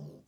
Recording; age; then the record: pig call; piglet (1 to 25 days)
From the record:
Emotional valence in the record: negative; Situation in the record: long isolation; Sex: male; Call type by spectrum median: low-frequency call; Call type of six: low-frequency stable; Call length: 0.28 s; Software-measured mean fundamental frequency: 50 Hz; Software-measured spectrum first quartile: 151 Hz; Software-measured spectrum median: 219 Hz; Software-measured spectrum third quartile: 481 Hz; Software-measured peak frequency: 150 Hz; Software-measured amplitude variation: 124 dB a second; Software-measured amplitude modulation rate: 18.0 a second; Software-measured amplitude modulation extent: 6.9 dB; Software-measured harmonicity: 1.9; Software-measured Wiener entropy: 0.39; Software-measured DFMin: 1566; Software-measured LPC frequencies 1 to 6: 3094, 4967, 5608, 6434, 8286, 9100 Hz